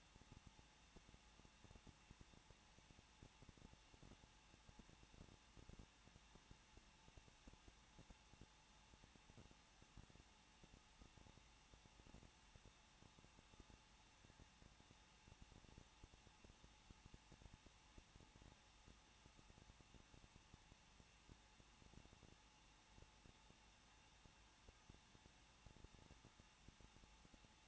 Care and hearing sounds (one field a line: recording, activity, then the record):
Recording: daily activity, microphone in the room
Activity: no activity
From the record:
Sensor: 1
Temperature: 20.1 degrees Celsius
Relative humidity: 39.1%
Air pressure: 1006.3 hPa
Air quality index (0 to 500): 217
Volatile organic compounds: 75 ppm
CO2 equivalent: 3562 ppm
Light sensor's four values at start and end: 1/2/1/1 and 1/2/1/1